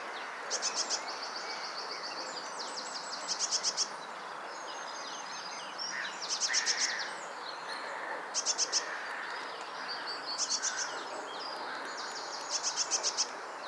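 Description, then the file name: Eurasian blue tit giving rapid chattering bursts of high, scratchy notes, several series in quick succession with brief pauses, against constant background hiss. "Cyanistes caeruleus"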